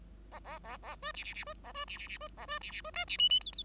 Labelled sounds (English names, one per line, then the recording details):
Bengalese Finch song
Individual Bird5